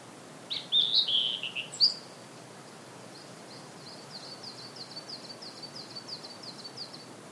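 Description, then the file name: Blue-and-white flycatcher singing a burst of warbled high whistles, followed by a long, quiet series of evenly spaced short notes. "oruri"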